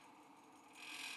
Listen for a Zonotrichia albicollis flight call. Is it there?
no